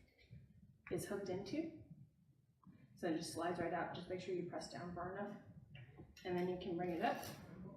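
Someone talks while handling the folding stem of a Voyager Ion electric scooter, raising it so its latch, a small lever at the front, can go into the front handle. Only speech and faint handling noise are heard; nothing has seated or clicked yet, and the latch is handled but not yet home.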